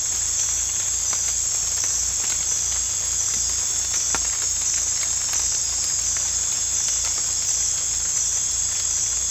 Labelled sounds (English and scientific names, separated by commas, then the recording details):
none
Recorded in dense forest near Puerto Asís, Putumayo, Colombia, on 18 December 2024 at 01:00
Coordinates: 0.486, -76.317
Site G003